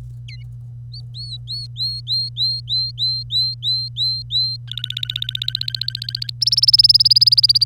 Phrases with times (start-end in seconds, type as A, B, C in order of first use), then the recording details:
0.28-0.43 A, 0.94-4.57 B, 4.68-6.31 C, 6.41-7.64 D. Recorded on 25 April 2018 at 09:08. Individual llb3